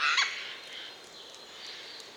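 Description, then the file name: Eurasian jay giving a single short, harsh rasping screech at the start, followed by quiet background hiss. "Garrulus glandarius"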